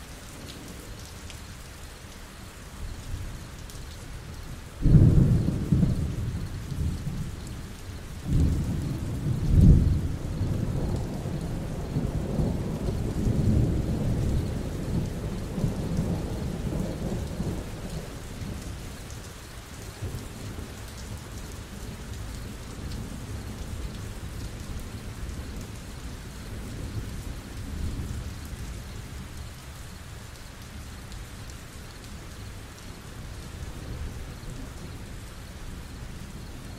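Steady rain falls throughout, a dense, even hiss with a soft patter. Around five seconds a deep thunder rumble breaks in, with another swell near ten seconds, rolling low and heavy until about twenty seconds before fading back under the constant rain.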